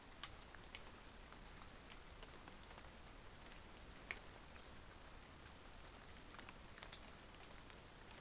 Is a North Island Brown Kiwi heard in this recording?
no